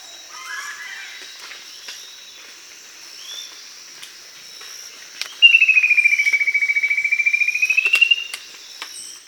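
Bird giving a single rapid, pulsed buzzy note about three seconds long, dipping and rising, after a quiet stretch of high insect hum.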